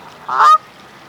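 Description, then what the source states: Bird giving a single short, nasal honk, loud and abrupt, with a quiet background. Canada.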